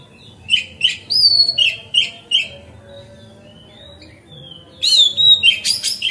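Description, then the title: Magpie-robin song: quick series of whistled chips and brief rising whistles, a quieter stretch with only faint whistles, then another lively burst of whistles and scratchy notes. Masteran song. "Kacer Masteran Teras"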